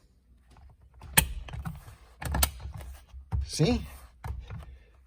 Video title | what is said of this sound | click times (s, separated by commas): 2013 Scion tC RS 8.0 Cruise Control Switch Replacement. | hear that double click that thing's on there | 1.2 s, 2.4 s